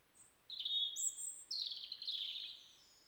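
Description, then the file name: European robin song: thin, high sustained notes that slide and waver, followed by a brighter falling phrase, in quiet surroundings. "Erithacus rubecula"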